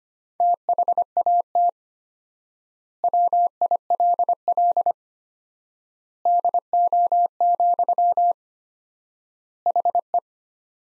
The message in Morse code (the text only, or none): THAT WILL DO, HE